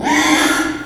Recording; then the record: squeal of a Yucatan mini pig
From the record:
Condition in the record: after surgery on the right vocal fold (resection and tissue-engineered implant); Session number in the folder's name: 3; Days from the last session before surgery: 33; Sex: male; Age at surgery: 12 weeks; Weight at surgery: 13 kg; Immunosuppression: cyclosporine, prednisolone